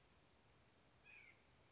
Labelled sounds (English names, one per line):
White-breasted Nuthatch